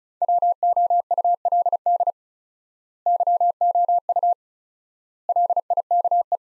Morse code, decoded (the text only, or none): WOULD YOU LIKE